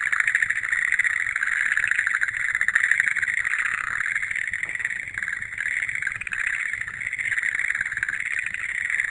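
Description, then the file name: Massed frog calls blending into an unbroken rattling drone that wavers gently in strength from start to finish. "kaeru"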